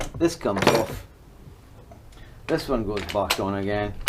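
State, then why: Not seated. Someone talks while the removable quick-change chuck is being handled and pushed back toward the front end of a DeWalt DCH274 SDS rotary hammer, with only faint, brief handling noises around 1.9 and 2.1 seconds. Nothing has seated or clicked yet; the chuck is not yet locked on.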